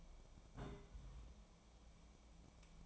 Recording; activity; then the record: daily activity, microphone in the room; place on stove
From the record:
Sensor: 1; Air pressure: 1000.0 hPa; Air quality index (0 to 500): 132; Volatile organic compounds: 2 ppm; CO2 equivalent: 1255 ppm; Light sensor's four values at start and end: 35/89/37/46 and 35/89/37/46